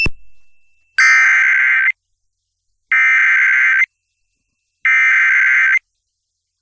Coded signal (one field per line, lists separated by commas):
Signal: Emergency Alert System (SAME) tones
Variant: header bursts